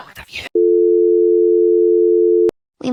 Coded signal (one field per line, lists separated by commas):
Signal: telephone call progress tone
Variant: North America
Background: speech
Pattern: dial tone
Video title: EAS Scenario: The Wrath of Chaos 2 - The Angers of Water